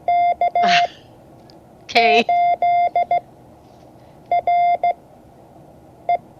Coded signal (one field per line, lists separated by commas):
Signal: Morse code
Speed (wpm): 16 wpm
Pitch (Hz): 700 Hz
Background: speech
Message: K8RE